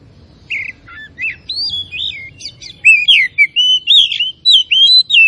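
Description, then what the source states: Oriental magpie-robin song building from scattered whistles into a lively, continuous sequence of clear, up-and-down slurred notes. Kacer of the Tretes type, described as gacor (singing vigorously).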